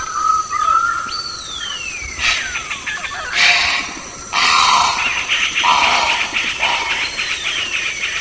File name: Wattled Currassow Karunkelhokko